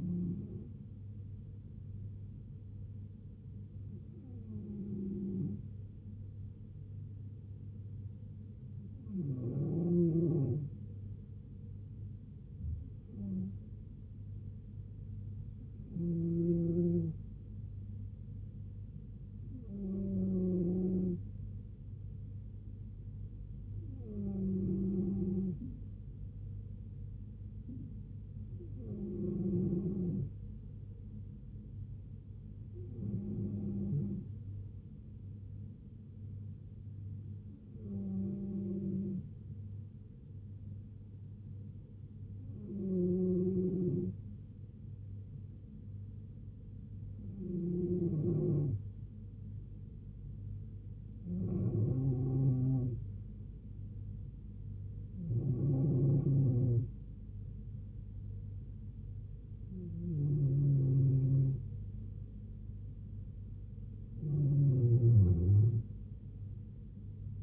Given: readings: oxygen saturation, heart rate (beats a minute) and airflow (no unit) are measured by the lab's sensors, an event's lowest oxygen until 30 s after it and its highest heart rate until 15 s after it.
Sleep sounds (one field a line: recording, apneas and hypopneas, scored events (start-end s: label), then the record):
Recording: breathing in sleep by a smartphone at the bedside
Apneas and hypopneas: none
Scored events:
none scored
From the record:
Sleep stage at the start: N2 (light sleep)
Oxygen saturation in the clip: 94 to 95%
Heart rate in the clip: 69 to 75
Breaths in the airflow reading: 16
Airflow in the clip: -3.7 to 2.5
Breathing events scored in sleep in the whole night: 158 in 7.3 hours asleep